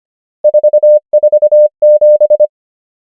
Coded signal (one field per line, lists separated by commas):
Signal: Morse code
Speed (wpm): 25 wpm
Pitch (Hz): 600 Hz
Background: none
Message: 4 4 7